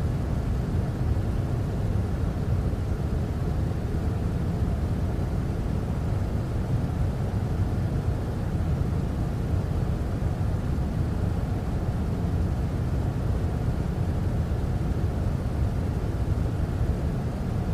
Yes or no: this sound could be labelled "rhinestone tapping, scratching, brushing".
no